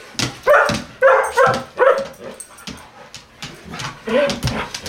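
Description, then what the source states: Collie: dog barks in a rapid burst of several, then another bark after a pause, with thumps and scuffling between. Four dogs, collies, running and barking in a home Foley session at Cmdln's house.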